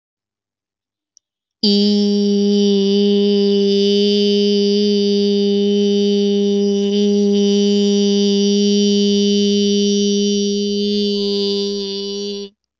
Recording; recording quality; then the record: sustained vowel as in beet; excellent, no background noise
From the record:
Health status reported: healthy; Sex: female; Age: 27 years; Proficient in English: yes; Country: India